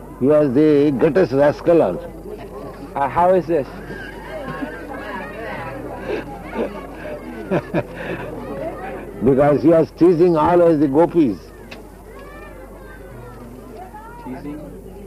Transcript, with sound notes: He was the greatest rascal also.
How is this?
[laughing] Because He was teasing always the gopīs.
Teasing?